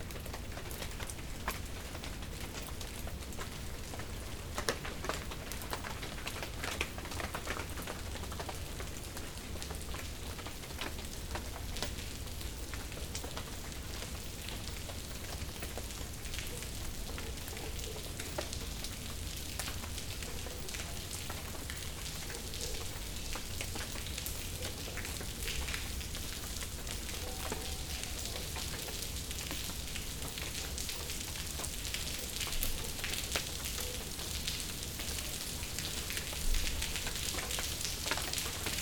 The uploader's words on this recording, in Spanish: Este es un nuevo episodio de [espacio sonante] dedicado al sonido de la lluvia sobre las hojas de los árboles, sobre las plazas de las ciudades, sobre los claustros de las catedrales o sobre los paraguas. Es un viaje sonoro que nos lleva a Sant Cugat, Riumors y Bayona.